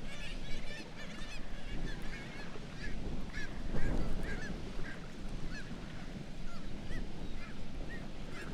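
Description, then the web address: Black-legged kittiwake calls, a tight burst of overlapping cries early, then scattered single wavering notes, all over a heavy low rumble. "sound Black-legged-kittiwake. صدای-پرنده-کاکایی-پاسیاه"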